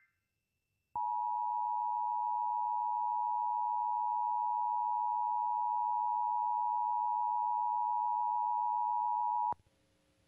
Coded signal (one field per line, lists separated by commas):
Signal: Emergency Alert System (SAME) tones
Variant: 853 and 960 Hz attention tone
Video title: PA RMT for January 2024 [EAS #1,240-1,246]